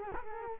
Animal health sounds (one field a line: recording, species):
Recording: mosquito wingbeat signal from an infrared sensor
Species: Culex quinquefasciatus